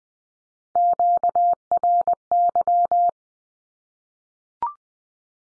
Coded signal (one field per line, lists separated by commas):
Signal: Morse code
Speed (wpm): 20 wpm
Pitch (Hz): 700 Hz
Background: none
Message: QRY